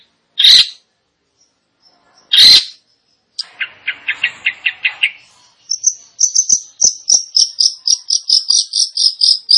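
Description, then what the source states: Long-tailed shrike song opening with two harsh notes, then a run of even clicking chips and a long series of rapid high repeated whistles. Indonesian name cendet; described as gacor, actively and vigorously singing.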